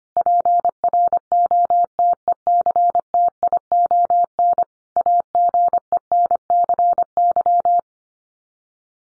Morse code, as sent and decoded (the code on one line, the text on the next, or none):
.--. .-. --- - . -.-. - .. --- -. / .- --. . -. -.-. -.--
PROTECTION AGENCY